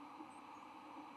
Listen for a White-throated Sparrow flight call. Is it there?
no